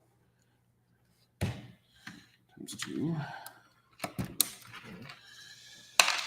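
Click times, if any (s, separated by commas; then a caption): 4.4 s, 6.0 s. Plastic LEGO bricks are pressed onto one another while building the #7662 MTT set, with someone talking in between. Sharp snapping clicks ring out at 4.4 s and 6.0 s as the bricks seat together.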